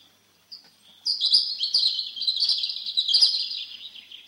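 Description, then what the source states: European Robin song, a few soft opening notes, then a high warbling phrase of thin tumbling notes running on to the end. Sings from the top of a small spruce, sun lighting its rusty-red breast; its touching song continues long into the evening as the forest quickly falls silent.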